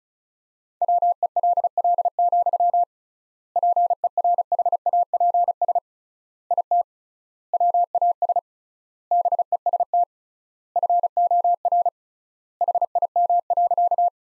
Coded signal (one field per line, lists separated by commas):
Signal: Morse code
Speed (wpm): 34 wpm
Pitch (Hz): 700 Hz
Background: none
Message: WELL, PERHAPS IT WAS BEST FOR HIM.